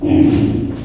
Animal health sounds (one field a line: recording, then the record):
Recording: squeal of a Yucatan mini pig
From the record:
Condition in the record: before surgery on the right vocal fold (resection and tissue-engineered implant)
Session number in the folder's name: 1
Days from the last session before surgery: -21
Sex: female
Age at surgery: 19 weeks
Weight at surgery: 25 kg